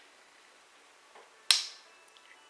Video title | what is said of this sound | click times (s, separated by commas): Trappin' Talk- Building the NIGHT LATCH | click hear that | 1.5 s